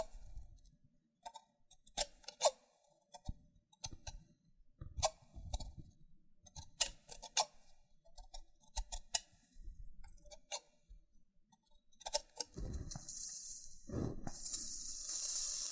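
Loofah triggers: sharp peeling and popping clicks arrive in irregular clusters every second or so, each a crisp snap with a low thud beneath. Near the twelve-second mark a steady bright hiss rises and continues to the end, with louder scrubbing bursts over it.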